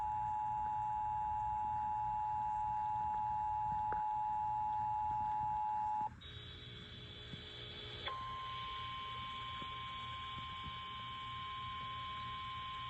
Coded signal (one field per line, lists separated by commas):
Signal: Emergency Alert System (SAME) tones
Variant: 853 and 960 Hz attention tone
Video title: EAS Severe Thunderstorm Warning FM Radio 70 MPH WINDS 8-7-23 EAS#237